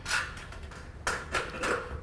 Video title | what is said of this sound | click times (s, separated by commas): איך לבנות מחיצת גבס | it into our you track and click into place place against our wall surface and we | 1.1 s